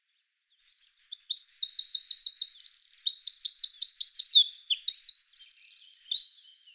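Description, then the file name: Eurasian wren delivering a long, piercing song of nearly six seconds, with repeated rapid trills and high sharp notes, ending abruptly. "Troglodytes troglodytes"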